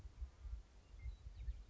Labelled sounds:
Western Meadowlark (Sturnella neglecta)
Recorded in Sonoma County, California

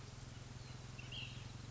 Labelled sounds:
Ash-throated Flycatcher (Myiarchus cinerascens)
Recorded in Sonoma County, California

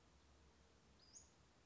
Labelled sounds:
Western Flycatcher (Empidonax difficilis)
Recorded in Sonoma County, California

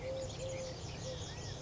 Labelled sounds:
Eurasian Collared Dove (Streptopelia decaocto)
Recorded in Sonoma County, California

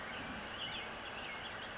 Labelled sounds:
California Towhee (Melozone crissalis)
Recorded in Sonoma County, California

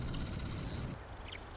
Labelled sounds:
Marsh Wren (Cistothorus palustris)
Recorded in Sonoma County, California

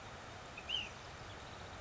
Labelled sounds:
Ash-throated Flycatcher (Myiarchus cinerascens)
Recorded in Sonoma County, California

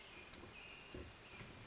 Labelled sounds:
Western Flycatcher (Empidonax difficilis)
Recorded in Sonoma County, California

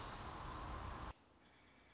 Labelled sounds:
American Robin (Turdus migratorius)
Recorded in Sonoma County, California

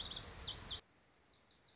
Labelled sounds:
Lazuli Bunting (Passerina amoena)
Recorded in Sonoma County, California

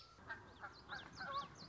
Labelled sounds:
Common Yellowthroat (Geothlypis trichas)
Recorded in Sonoma County, California

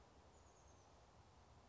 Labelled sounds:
Oak Titmouse (Baeolophus inornatus)
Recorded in Sonoma County, California

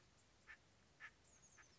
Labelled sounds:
Oak Titmouse (Baeolophus inornatus)
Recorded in Sonoma County, California

